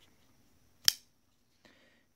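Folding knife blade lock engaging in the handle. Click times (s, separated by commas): 0.9 s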